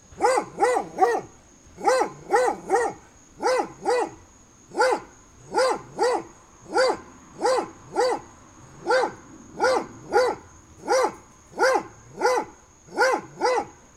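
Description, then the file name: Dog barking in short bursts of one to three barks, each burst separated by brief pauses, with a thin steady high whine running underneath throughout. Several dogs barking through a fence on a summer day; binaural recording. "freesound Dogs Barking"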